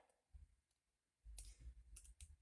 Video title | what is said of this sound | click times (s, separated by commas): KREO CHECKPOINT ALPHA BUILD | will snap right in the middle right at these two | 2.0 s, 2.2 s